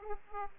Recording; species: mosquito wingbeat signal from an infrared sensor; Aedes aegypti